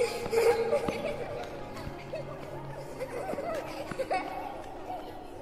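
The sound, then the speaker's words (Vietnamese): Two children laughing and playing, their high voices overlapping in a busy, steady babble of chatter and giggles that carries at a moderate level throughout. “Tiếng trẻ con cười nô đùa kia thì không thể nào mà nhầm được.”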